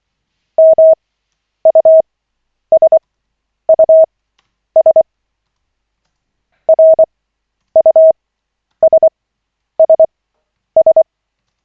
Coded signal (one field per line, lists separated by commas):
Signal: Morse code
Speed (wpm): 24 wpm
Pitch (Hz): 640 Hz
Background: none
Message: MUSUS RUSSS